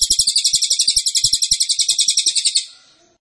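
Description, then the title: Cililin song: a fast, steady run of high, buzzy pulsed notes lasting over two seconds, then cutting off, with faint low clicks underneath. Song used as a training recording for tutoring captive songbirds. "Cililin AMPUH. Masteran Burung cililin"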